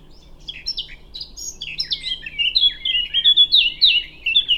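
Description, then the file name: Eurasian blackcap, song opening with soft scratchy warbling and breaking into bright, loud flute-like notes repeated several times. "Sylvia atricapilla"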